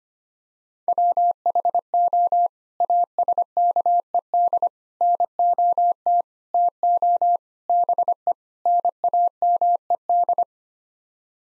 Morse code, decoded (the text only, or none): WHO ASKED NOT TO BE NAMED